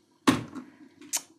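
A pressure cooker lid is put on its pot and pressed down on top, giving a sharp knock at 0.3 s, followed by a fainter knock near 1.1 s. The lid does not lock, and nothing has seated or clicked yet because it was not fully closed.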